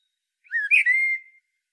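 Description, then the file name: Common blackbird giving a single short fluted phrase: a low warble rising into a sustained clear whistle. "Turdus merula"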